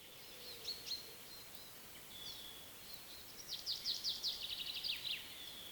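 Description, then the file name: Common chaffinch song, faint high notes early, then a rapid descending series of sharp notes near the end over steady background hiss. "Fringilla coelebs"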